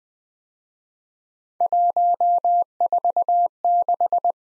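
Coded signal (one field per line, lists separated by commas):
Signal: Morse code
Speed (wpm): 21 wpm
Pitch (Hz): 700 Hz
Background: none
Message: 146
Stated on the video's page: Morse drill of three-character letter-number combinations, speed-racing format starting fast and slowing to 15 wpm base; final repeat at maximum speed.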